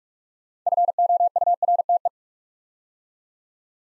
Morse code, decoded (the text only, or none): FOURTE